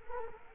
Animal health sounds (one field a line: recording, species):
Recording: mosquito wingbeat signal from an infrared sensor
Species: Culex quinquefasciatus